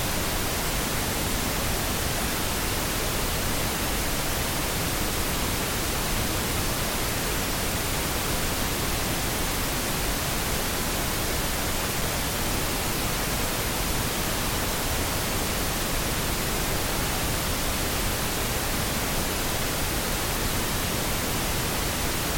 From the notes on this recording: the steady sound of pink noise